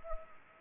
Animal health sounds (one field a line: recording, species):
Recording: mosquito wingbeat signal from an infrared sensor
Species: Anopheles arabiensis